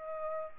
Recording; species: mosquito wingbeat signal from an infrared sensor; Aedes aegypti